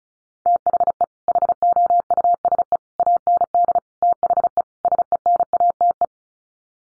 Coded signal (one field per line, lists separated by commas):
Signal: Morse code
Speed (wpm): 34 wpm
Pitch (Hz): 700 Hz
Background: none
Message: THE HOUSE AND THE SENATE